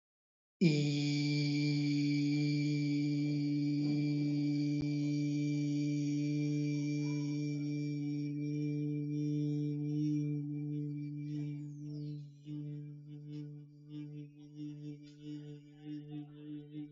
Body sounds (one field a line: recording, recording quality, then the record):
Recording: sustained vowel as in beet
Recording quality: excellent, no background noise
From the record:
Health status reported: healthy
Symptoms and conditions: none ticked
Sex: male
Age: 25 years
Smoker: not ticked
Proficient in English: yes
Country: India